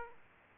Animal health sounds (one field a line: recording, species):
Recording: mosquito wingbeat signal from an infrared sensor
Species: Aedes aegypti